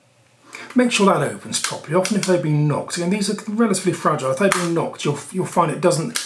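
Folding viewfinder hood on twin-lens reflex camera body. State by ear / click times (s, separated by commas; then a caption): released / 0.6 s. The folding metal waist-level viewfinder hood on a Rolleiflex twin-lens reflex camera body is released and springs open with a single sharp snap at about 0.6 s. Someone then talks over the rest of the clip. The hood snaps open cleanly, as a healthy one should; a knocked hood opens unevenly.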